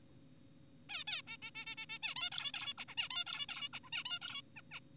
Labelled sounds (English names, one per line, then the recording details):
Zebra Finch
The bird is an adult
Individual g4p5U